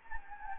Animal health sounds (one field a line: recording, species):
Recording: mosquito wingbeat signal from an infrared sensor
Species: Anopheles gambiae